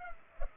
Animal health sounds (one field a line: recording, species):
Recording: mosquito wingbeat signal from an infrared sensor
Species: Culex pipiens